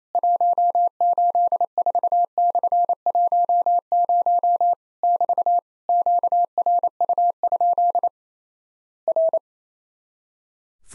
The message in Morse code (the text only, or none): 184/10 <BT> QRU? R